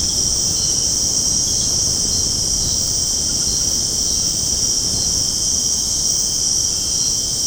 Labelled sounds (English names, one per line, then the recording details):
none
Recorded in secondary vegetation near Puerto Asís, Putumayo, Colombia, on 19 February 2024 at 22:00
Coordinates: 0.489, -76.322
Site G6419